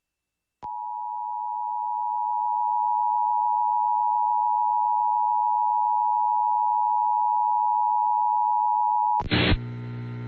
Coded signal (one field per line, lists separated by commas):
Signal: Emergency Alert System (SAME) tones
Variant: 853 and 960 Hz attention tone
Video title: [Not counted EAS] - Severe Thunderstorm Warning